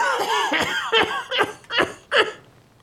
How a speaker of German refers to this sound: Fritz, plagt dich der Husten wieder?